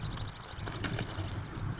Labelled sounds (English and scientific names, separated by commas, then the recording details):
Marsh Wren (Cistothorus palustris)
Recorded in Sonoma County, California